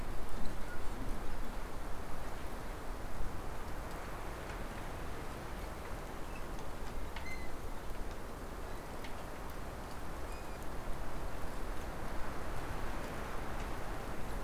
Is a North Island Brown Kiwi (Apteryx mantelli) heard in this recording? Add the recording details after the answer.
no. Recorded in New Zealand on 14 October 2015. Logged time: 20:29. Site BN6